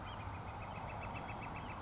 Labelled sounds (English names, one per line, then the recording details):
Northern Flicker
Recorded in Sonoma County, California